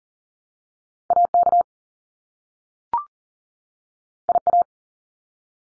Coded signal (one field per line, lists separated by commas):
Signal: Morse code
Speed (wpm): 40 wpm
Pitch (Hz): 700 Hz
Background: none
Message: AK IA